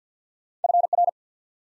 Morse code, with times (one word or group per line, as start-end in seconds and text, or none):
0.6-0.9 F
0.9-1.1 R